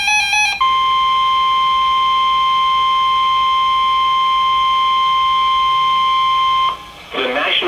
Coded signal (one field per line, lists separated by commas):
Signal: Emergency Alert System (SAME) tones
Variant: 1050 Hz attention tone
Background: speech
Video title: Severe Thunderstorm Warning #2 - 04/10/17 (EAS #1,289)